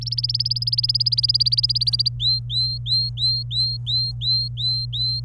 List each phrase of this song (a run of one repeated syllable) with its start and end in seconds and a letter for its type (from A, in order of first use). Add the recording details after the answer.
0.01-2.08 A, 2.20-5.20 B. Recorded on 27 April 2018 at 15:41. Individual llb3